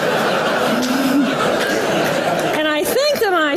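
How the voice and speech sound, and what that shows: A brief spoken phrase gives way to wordless, sliding vocal sounds. They imitate a colleague's speech heard over the phone during a stroke: garbled noise like a golden retriever barking instead of language, typical of aphasia, in someone who could no longer speak or understand language. Faint audience chuckling is heard.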